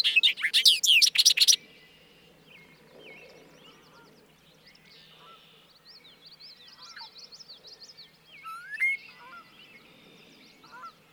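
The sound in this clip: Bobolink song, a loud burst of bubbly, buzzy notes in the first second and a half, followed by faint chirps and whistles.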